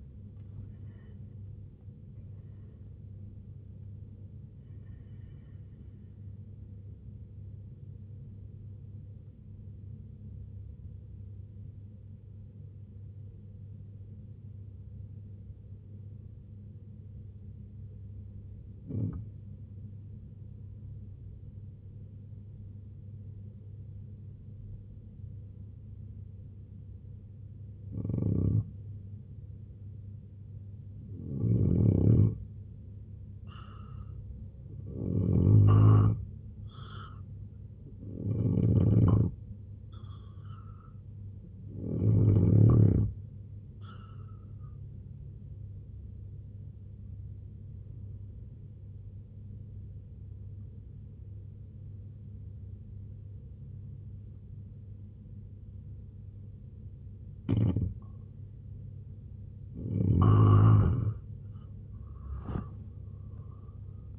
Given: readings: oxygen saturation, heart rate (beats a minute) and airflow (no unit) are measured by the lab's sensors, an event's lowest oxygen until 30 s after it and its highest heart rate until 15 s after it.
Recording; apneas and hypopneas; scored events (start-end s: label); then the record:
breathing in sleep by a smartphone at the bedside; 2
9.00-32.20 s: hypopnea (N1, oxygen 96% highest, then 86% lowest, heart rate 70 at the start, 78 highest)
17.00-64.19 s: new sleep stage, N2 (light sleep)
48.00-58.90 s: obstructive apnea (N2, oxygen 91% highest, then 86% lowest, heart rate 71 at the start, 87 highest)
From the record:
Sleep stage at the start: N1 (lightest sleep); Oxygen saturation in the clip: 83 to 96%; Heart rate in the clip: 64 to 98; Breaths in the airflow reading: 12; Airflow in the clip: -8.1 to 10.2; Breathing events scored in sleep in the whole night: 258 in 7.4 hours asleep